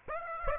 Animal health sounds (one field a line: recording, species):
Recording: mosquito wingbeat signal from an infrared sensor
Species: Aedes aegypti